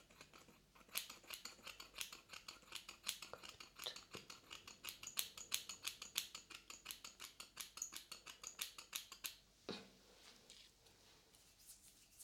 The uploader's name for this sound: Hair Clipper and Scissor Sounds